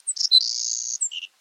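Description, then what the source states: Savannah Sparrow song: quick high chips leading into a long, level, wiry buzz, finished by a short, lower double note. Persistent, buzzy song; heard in open, unmowed sections of city parks; can be mistaken for an insect; species of open North American habitats.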